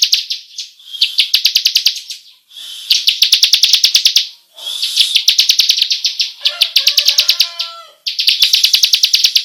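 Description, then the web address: Bar-winged prinia trilling rapidly in repeated high bursts, with a few lower whistled notes late. Long rolling song style, locally called ngerol panjang. "ciblek suara-burung-ciblek-ngerol-panjang"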